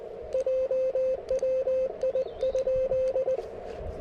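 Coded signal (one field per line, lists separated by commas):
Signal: Morse code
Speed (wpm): 20 wpm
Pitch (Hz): 530 Hz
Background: radio noise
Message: JWI?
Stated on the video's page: Portable QRP park activation with a KX3 and an improvised speaker-wire antenna, later moving to 30 meters.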